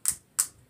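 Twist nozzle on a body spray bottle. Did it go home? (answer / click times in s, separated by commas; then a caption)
released / 0.4 s. A plastic twist nozzle on top of a body spray bottle is turned from the closed position to the open position. Two short, sharp ticks are heard at about 0.1 s and 0.4 s. The audible click at 0.4 s confirms the nozzle is open, which is how you can tell whether it is open or closed.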